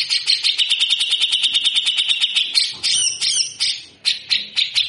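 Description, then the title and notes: Grey-cheeked bulbul with a fast buzzing pulse train that breaks into louder, separate scratchy rasps toward the end. Masteran training song of a frequently singing (gacor) bird with long, coarse besetan (harsh rasping) passages. "MASTERAN CUCAK JENGGOT GACOR FULL BESETAN KASAR DURASI PANJANG. Burung cucak jenggot"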